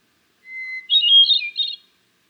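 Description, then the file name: Hermit thrush singing one phrase, a steady clear whistle followed by a jumble of rapid, ringing higher notes. "Hermit Thrush - Catharus guttatus"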